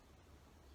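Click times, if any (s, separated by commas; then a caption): none. A replaceable metal craft-knife blade is eased onto its handle, gripped by its blunt top edge. Only a steady low hiss and faint rustle are heard across the 0.8 seconds. The blade has not yet clicked into place.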